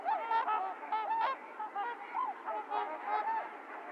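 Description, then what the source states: Trumpeter swans honking, short nasal trumpet notes from several birds in quick succession. Recorded 28 January 2022; recording low-cut filtered; several swans.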